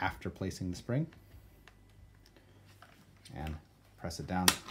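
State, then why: Not seated. Someone talks while a spring is placed and the front wheel swivel assembly is lined up with the chassis of an Uppababy Vista stroller before being pressed down. Between the words come only a few light plastic ticks. Nothing has seated or clicked yet.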